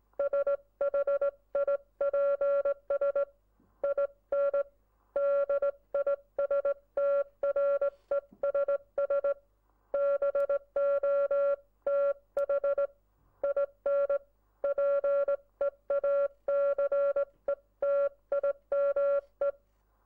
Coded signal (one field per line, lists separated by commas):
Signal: Morse code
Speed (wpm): 19 wpm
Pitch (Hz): 560 Hz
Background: none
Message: SHIPS IN DISTRESS BOTH IN PEACETIME